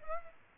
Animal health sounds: mosquito wingbeat signal from an infrared sensor; Aedes aegypti

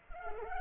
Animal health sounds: mosquito wingbeat signal from an infrared sensor; Culex pipiens

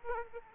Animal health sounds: mosquito wingbeat signal from an infrared sensor; Aedes aegypti

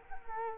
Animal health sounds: mosquito wingbeat signal from an infrared sensor; Culex quinquefasciatus

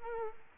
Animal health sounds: mosquito wingbeat signal from an infrared sensor; Culex quinquefasciatus

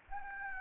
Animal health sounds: mosquito wingbeat signal from an infrared sensor; Anopheles gambiae

